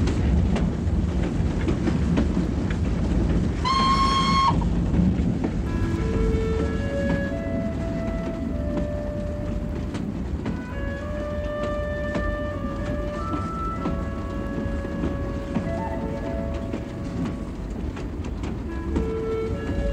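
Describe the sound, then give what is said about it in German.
An express train from Bucharest to Constanța in Romania rattles along the rails at night with a steady, loud, low rumble and clatter. A brief shrill whistle sounds early on, followed by sustained high ringing tones over the din. “Der Express von Bukarest nach Konstanza donnerte durch die Nacht, vorbei an balearischen Dörfern, an Maisfeldern und Schafweiden, über die große Donaubrücke bei Chalavoda und weiter in die platte Steppenlandschaft der Dobrudscha.”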